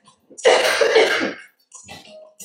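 One harsh, throaty cough from an adult woman, lasting about a second, then a softer throat-clearing sound. She is a little ill after a recent bout of bronchitis and is taking antibiotics.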